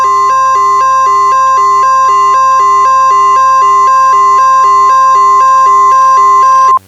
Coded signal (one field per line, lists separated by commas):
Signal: Emergency Alert System (SAME) tones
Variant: 1050 Hz attention tone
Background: music